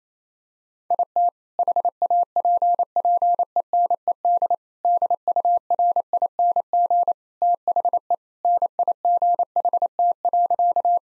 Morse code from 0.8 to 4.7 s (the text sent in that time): IT HAPPENED